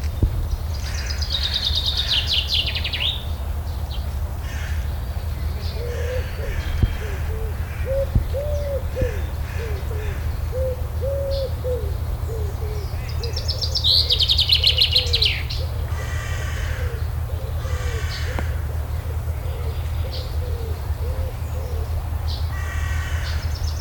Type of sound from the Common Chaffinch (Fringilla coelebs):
song